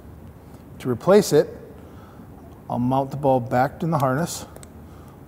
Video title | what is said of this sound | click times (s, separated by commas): How to Remove and Replace the Indian Chief Light Bulbs – Indian Motorcycle | audible click i know it's in place | 4.6 s